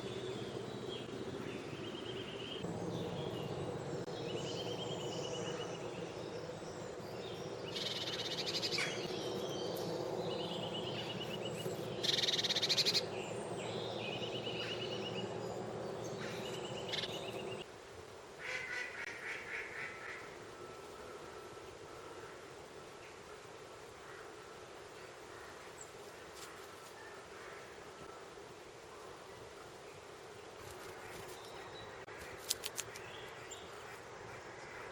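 A Eurasian Hoopoe recording with a thick, low, murmuring layer of sound for the first seventeen seconds, with brighter bursts around eight to thirteen seconds. The sound then drops suddenly to a quieter, steady hush, broken by a few sharp clicks near thirty-two seconds.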